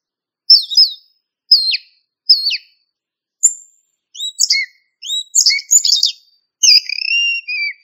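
Thrush giving a few short, sharp downslurred notes, then richer warbled and rising whistles, ending in a long, slightly falling whistled phrase.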